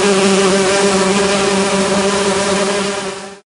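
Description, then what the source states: Honey bees buzzing as a steady, dense droning hum with a low, constant tonal pitch that holds unchanged throughout before stopping abruptly. Honey bees recorded at a beehive.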